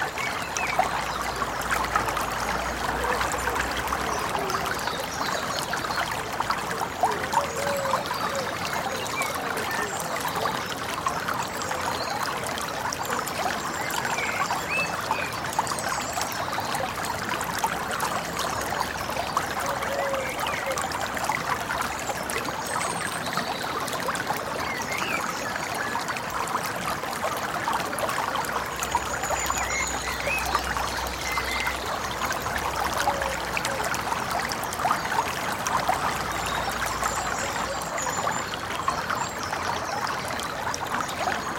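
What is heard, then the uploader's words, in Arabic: A flowing stream runs steadily throughout, a dense, even rush of trickling water that never rises or falls. Faint, brief bird chirps sit high above it now and then, especially in the second half, and a soft low rumble comes and goes underneath. جدول مُتدفق وطيور الغابة | سرناد الغسق. بينما تملأ ألحان الطيور الجو، تضيف أصوات المياه الجارية الهادئة من الجدول المتدفق عمقًا وهدوءًا لهذا المشهد الصوتي للغسق.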